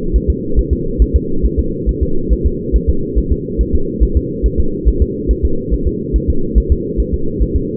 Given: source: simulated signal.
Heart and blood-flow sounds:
fetal heart sounds
0.16 s: S1
0.30 s: S2
0.59 s: S1
0.73 s: S2
1.02 s: S1
1.16 s: S2
1.46 s: S1
1.59 s: S2
1.89 s: S1
2.03 s: S2
2.33 s: S1
2.46 s: S2
2.76 s: S1
2.89 s: S2
3.18 s: S1
3.32 s: S2
3.61 s: S1
3.75 s: S2
4.03 s: S1
4.17 s: S2
4.46 s: S1
4.60 s: S2
4.89 s: S1
5.02 s: S2
5.31 s: S1
5.45 s: S2
5.74 s: S1
5.87 s: S2
6.16 s: S1
6.30 s: S2
6.58 s: S1
6.72 s: S2
7.00 s: S1
7.14 s: S2
7.43 s: S1
7.56 s: S2
From the record:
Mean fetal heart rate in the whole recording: 140 bpm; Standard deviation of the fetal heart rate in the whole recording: 2 bpm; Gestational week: 34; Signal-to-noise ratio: -8.1 dB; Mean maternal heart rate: 72 bpm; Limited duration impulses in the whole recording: absent

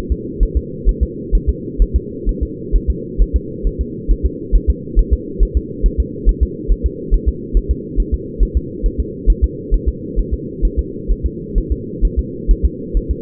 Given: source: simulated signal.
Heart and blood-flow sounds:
fetal heart sounds
0.12 s: S2
0.43 s: S1
0.57 s: S2
0.89 s: S1
1.03 s: S2
1.35 s: S1
1.49 s: S2
1.82 s: S1
1.96 s: S2
2.29 s: S1
2.43 s: S2
2.75 s: S1
2.90 s: S2
3.22 s: S1
3.36 s: S2
3.67 s: S1
3.81 s: S2
4.11 s: S1
4.26 s: S2
4.55 s: S1
4.70 s: S2
4.99 s: S1
5.13 s: S2
5.43 s: S1
5.57 s: S2
5.86 s: S1
6.00 s: S2
6.29 s: S1
6.43 s: S2
6.72 s: S1
6.86 s: S2
7.14 s: S1
7.28 s: S2
7.57 s: S1
7.71 s: S2
8.00 s: S1
8.14 s: S2
8.43 s: S1
8.57 s: S2
8.86 s: S1
9.00 s: S2
9.30 s: S1
9.44 s: S2
9.74 s: S1
9.88 s: S2
10.19 s: S1
10.34 s: S2
10.65 s: S1
10.79 s: S2
11.11 s: S1
11.26 s: S2
11.58 s: S1
11.72 s: S2
12.05 s: S1
12.19 s: S2
12.51 s: S1
12.65 s: S2
12.97 s: S1
13.11 s: S2
From the record:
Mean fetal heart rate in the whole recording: 135 bpm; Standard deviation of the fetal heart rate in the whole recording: 3 bpm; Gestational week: 36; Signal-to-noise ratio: -4.1 dB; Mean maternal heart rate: no maternal heart sound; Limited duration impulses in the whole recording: absent

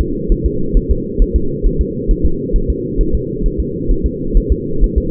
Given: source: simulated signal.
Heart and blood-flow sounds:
fetal heart sounds
0.01 s: S2
0.32 s: S1
0.46 s: S2
0.77 s: S1
0.91 s: S2
1.22 s: S1
1.36 s: S2
1.66 s: S1
1.81 s: S2
2.11 s: S1
2.26 s: S2
2.56 s: S1
2.70 s: S2
3.01 s: S1
3.15 s: S2
3.46 s: S1
3.60 s: S2
3.91 s: S1
4.06 s: S2
4.37 s: S1
4.52 s: S2
4.84 s: S1
4.98 s: S2
From the record:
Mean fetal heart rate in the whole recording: 130 bpm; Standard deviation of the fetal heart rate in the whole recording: 2 bpm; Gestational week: 38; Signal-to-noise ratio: -8.1 dB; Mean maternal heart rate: 72 bpm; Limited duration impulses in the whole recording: absent

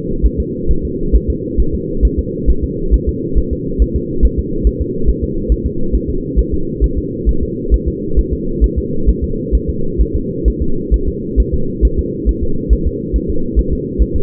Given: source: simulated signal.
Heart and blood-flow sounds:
fetal heart sounds
0.25 s: S1
0.40 s: S2
0.71 s: S1
0.85 s: S2
1.15 s: S1
1.30 s: S2
1.60 s: S1
1.75 s: S2
2.05 s: S1
2.19 s: S2
2.50 s: S1
2.64 s: S2
2.94 s: S1
3.09 s: S2
3.38 s: S1
3.53 s: S2
3.82 s: S1
3.96 s: S2
4.25 s: S1
4.39 s: S2
4.67 s: S1
4.81 s: S2
5.09 s: S1
5.24 s: S2
5.52 s: S1
5.66 s: S2
5.95 s: S1
6.10 s: S2
6.39 s: S1
6.54 s: S2
6.84 s: S1
6.98 s: S2
7.29 s: S1
7.43 s: S2
7.74 s: S1
7.88 s: S2
8.19 s: S1
8.33 s: S2
8.64 s: S1
8.78 s: S2
9.09 s: S1
9.24 s: S2
9.55 s: S1
9.70 s: S2
10.01 s: S1
10.16 s: S2
10.48 s: S1
10.62 s: S2
10.94 s: S1
11.08 s: S2
11.40 s: S1
11.54 s: S2
11.85 s: S1
11.99 s: S2
12.29 s: S1
12.43 s: S2
12.73 s: S1
12.87 s: S2
13.16 s: S1
13.30 s: S2
13.59 s: S1
13.73 s: S2
14.02 s: S1
14.16 s: S2
From the record:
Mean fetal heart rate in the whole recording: 135 bpm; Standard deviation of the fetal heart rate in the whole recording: 3 bpm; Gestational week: 34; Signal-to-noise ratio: -8.1 dB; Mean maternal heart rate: 72 bpm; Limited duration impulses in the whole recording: absent

